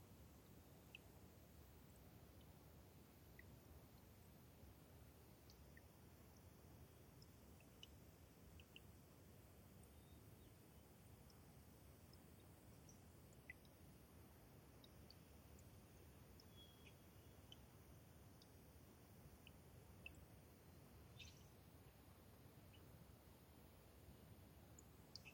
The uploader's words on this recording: Thirtymile Meadows is a wet, subalpine meadow high in the Okanogan National Forest. A natural shallow bowl, it collects meltwater from each winter and slowly drains away through innumerable soft tinkling streams. When I visited in the Summer of 2019 I was never certain where the next morning's dawn chorus would arrive from. Unfortunately, one of my microphones failed overnight, and I ended up with a lopsided recording.